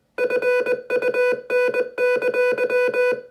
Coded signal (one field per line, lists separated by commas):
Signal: Morse code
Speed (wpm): 21 wpm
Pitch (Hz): 500 Hz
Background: none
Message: FUN!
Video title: Morse Code, Easy Way to Learn! #morsecode #alphabet #communication